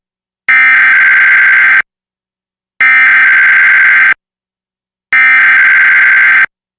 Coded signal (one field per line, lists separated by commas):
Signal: Emergency Alert System (SAME) tones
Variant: header bursts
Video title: EAS #868: EAS Required Monthly Test- Sep. 5, 2023- 10:15AM PDT